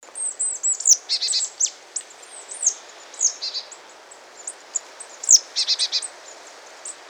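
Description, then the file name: Marsh tit calls: sharp, very high explosive notes followed by short runs of buzzy, rasping notes, repeated a few times, with scattered thin high chips throughout. "Poecile palustris"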